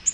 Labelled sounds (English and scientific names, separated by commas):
Nashville Warbler (Leiothlypis ruficapilla) flight call